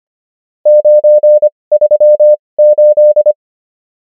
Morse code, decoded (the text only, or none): 938